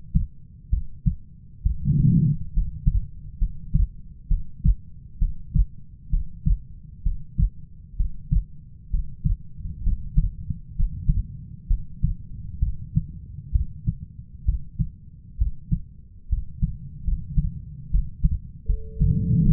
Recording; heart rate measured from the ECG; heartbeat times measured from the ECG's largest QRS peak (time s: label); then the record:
heart sounds by stethoscope; 67 bpm
0.70 s: heartbeat
1.63 s: heartbeat
2.53 s: heartbeat
3.39 s: heartbeat
4.28 s: heartbeat
5.19 s: heartbeat
6.10 s: heartbeat
7.03 s: heartbeat
7.96 s: heartbeat
8.90 s: heartbeat
9.83 s: heartbeat
10.75 s: heartbeat
11.67 s: heartbeat
12.59 s: heartbeat
13.52 s: heartbeat
14.45 s: heartbeat
15.38 s: heartbeat
16.29 s: heartbeat
17.04 s: heartbeat
17.90 s: heartbeat
18.66 s: heartbeat
19.43 s: heartbeat
From the record:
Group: healthy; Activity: rest 0-18 s, Valsalva maneuver 18-20 s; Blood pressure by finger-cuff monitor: 137/61 mmHg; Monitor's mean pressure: 84 mmHg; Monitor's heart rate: 65 bpm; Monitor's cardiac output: 6.1 L/min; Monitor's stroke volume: 90 mL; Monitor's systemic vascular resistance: 1020 dyn s/cm5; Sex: female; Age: 37 years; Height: 168 cm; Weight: 70 kg